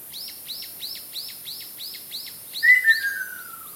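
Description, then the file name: Ruddy kingfisher call: a falling whistled trill over a steady run of repeated high downslurred notes from another bird. "akashobin"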